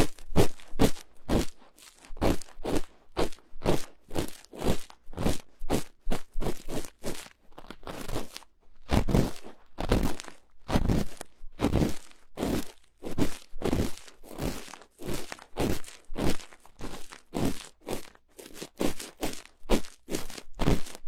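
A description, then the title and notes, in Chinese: A cotton swab cleaning inside an ear makes a rapid run of scratchy, crunchy rubbing strokes, each a short burst from low to bright. The strokes come steadily about two or three per second for the whole stretch, with a brief pause near eight seconds. 棉棒掏耳朵。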